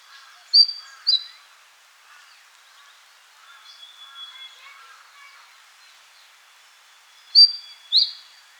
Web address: rufous gorgetted flycatcher song